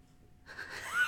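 After half a second of near silence, a thin, squeaky, whine-like tone rises in pitch and grows louder over about half a second, like a little person crying. It is a loud stomach gurgle (borborygmus) from an adult, ordinary gut noise.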